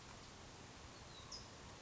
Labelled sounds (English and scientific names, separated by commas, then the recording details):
California Towhee (Melozone crissalis)
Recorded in Sonoma County, California